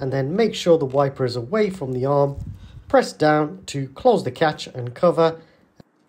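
Someone talks while a new front wiper blade is being fitted onto the wiper arm of a Mercedes-Benz or Mercedes-AMG, with the wiper held away from the arm before the plastic catch/cover is pressed down. The catch/cover has not clicked shut yet, and nothing has seated by the end of the clip.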